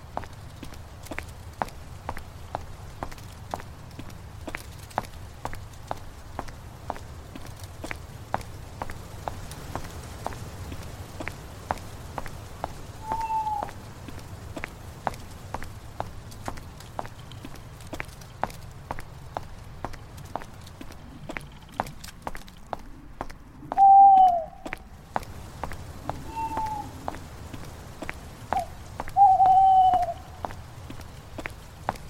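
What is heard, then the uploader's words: Horror night ambience: a low rumbling drone under steady, regular clicking taps, with short wavering cries rising near 13, 24, 26 and 29 seconds. Horror night ambience.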